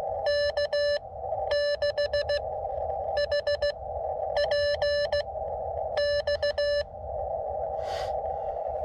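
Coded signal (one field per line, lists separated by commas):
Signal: Morse code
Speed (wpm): 14 wpm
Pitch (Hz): 590 Hz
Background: none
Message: K6HPX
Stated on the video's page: Summits On The Air reference activation of Twin Peaks.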